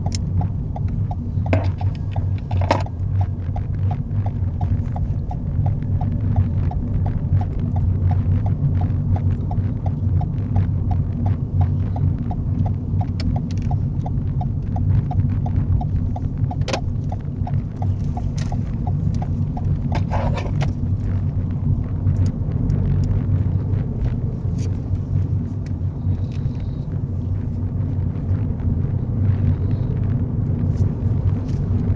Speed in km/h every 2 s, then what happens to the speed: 16, 16, 23, 26, 27, 27, 23, 23, 24, 24, 27, 31, 29, 32, 35, 35.
2-7 speeds up to 27. 7-15 steady at about 23. 15-21 speeds up to 31. 21-32 steady at about 32.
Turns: 10-15.